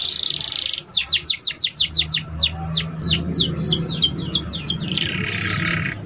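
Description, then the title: Canary song: a buzzy trill, then a long series of quick descending whistled sweeps in steady succession, ending in a loud rattling roll. Song used to warm up Belgian canaries and to lure young canaries into singing and chattering quickly. "Canto Para Esquentar Canário Belga. SUARA KENARI PAUD CUIT CUIT BELAJAR BUNYI - pancingan kenari paud muda agar cepat bunyi dan ngeriwik"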